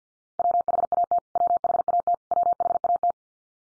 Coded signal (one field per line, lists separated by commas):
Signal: Morse code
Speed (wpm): 50 wpm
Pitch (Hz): 700 Hz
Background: none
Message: WHAT WHAT WHAT